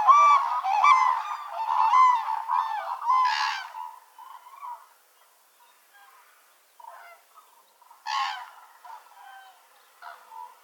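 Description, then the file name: Common cranes give loud, rolling trumpeted calls with rich harmonics for about four seconds, then scattered quieter calls and a brief loud burst. Calls recorded on the Baltic Sea coast on 1 November 2014. "Kranich Grus grus 20141101 Ostsee"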